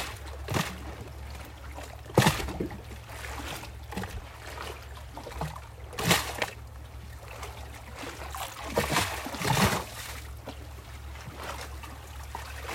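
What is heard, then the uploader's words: Wind rumbles low and steady throughout, with water sloshing and splashing. Sharp, bright bursts break in every second or two, near 2, 6 and 9 seconds, like footsteps or waves slapping, between quieter stretches of trickling. WAVES, WIND, STEPS.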